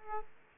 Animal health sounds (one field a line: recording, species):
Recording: mosquito wingbeat signal from an infrared sensor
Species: Aedes aegypti